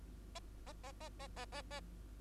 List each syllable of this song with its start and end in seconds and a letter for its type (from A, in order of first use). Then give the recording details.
0.35-0.40 A, 0.66-0.73 A, 0.83-0.92 A, 1.00-1.09 A, 1.20-1.27 A, 1.36-1.45 A, 1.52-1.62 A, 1.71-1.80 A. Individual Bird2